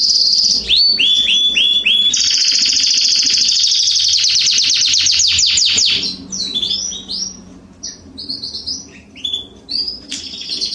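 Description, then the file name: Canary song opening with repeated swooping notes, then a long rolled trill, followed by softer scattered varied notes and twitters. "Canary Voice"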